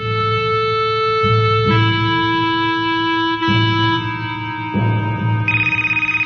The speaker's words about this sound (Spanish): El anciano contestó al teléfono, molesto por la eterna impaciencia de los timbrazos.